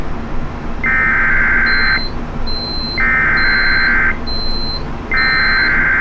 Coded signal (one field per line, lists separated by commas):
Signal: Emergency Alert System (SAME) tones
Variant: header bursts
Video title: 4 Severe Thunderstorm Warnings || 9-6-24 (EAS #3,061-3,064)